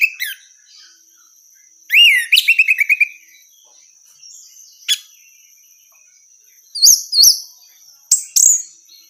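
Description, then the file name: Orange-headed thrush song with a quick series of repeated whistled notes, then scattered single chirps and paired high notes; faint constant whine in the background. Female bird; recording used as a therapy or training sound. "suara terapi anis merah betina"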